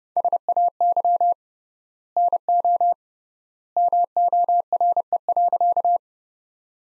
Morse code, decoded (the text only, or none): SAY NO MORE.